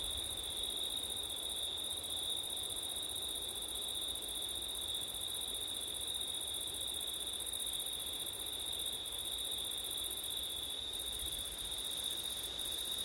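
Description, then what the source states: Crickets' continuous piercing trill holds steady throughout, accompanied by a fainter higher shimmer and a low rumble of wind. September night, with wind; ORTF stereo microphone setup.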